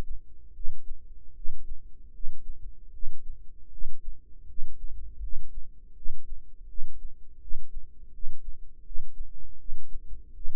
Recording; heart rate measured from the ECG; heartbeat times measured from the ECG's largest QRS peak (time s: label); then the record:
heart sounds by microphone in the right ear; 80 bpm
0.52 s: heartbeat
1.33 s: heartbeat
2.11 s: heartbeat
2.90 s: heartbeat
3.69 s: heartbeat
4.45 s: heartbeat
5.19 s: heartbeat
5.93 s: heartbeat
6.66 s: heartbeat
7.38 s: heartbeat
8.10 s: heartbeat
8.82 s: heartbeat
9.56 s: heartbeat
10.32 s: heartbeat
From the record:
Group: healthy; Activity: cold pressor test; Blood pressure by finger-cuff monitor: 118/70 mmHg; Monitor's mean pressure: 84 mmHg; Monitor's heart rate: 79 bpm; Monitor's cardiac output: 7.5 L/min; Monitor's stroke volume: 95 mL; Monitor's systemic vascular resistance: 810 dyn s/cm5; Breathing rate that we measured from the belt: 18 breaths a minute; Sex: male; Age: 35 years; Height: 180 cm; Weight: 86.9 kg